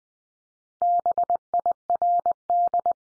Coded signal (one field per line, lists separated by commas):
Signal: Morse code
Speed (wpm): 20 wpm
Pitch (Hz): 700 Hz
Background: none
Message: BIRD